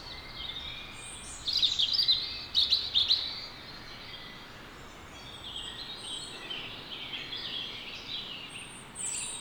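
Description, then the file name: European robin giving a short burst of high, tinkling twitters, followed by softer, thinner notes. "Erithacus rubecula"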